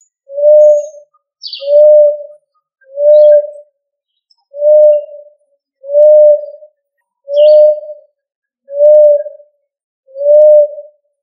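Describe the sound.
Pigeon call: a single soft, mellow hooting note repeated about every one and a half seconds, eight times, with a few faint high chirps from other birds.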